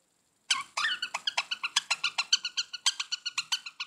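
Budgerigar chatter: a rapid series of harsh pulsed chirps, a rattling run after half a second of silence.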